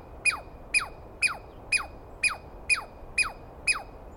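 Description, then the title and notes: Douglas squirrel sounding eight sharp, downward-sweeping chirps in quick even succession, each high and loud, over quiet hiss. Wild squirrel recorded at dawn on 21 April 2017 in the East Cascades, screaming persistently at the recordist; identified by sound, not clearly seen. "On the morning of 21 April, 2017, I set up my microphones and recorder for a nice dawn recording in the East Cascades. I was started awake by a screaming Douglas Pine Squirrel"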